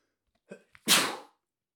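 A single sneeze from an adult: a short voiced intake, a brief catch, then one loud hissing burst lasting under half a second and fading quickly. An ordinary sneeze in a quiet room.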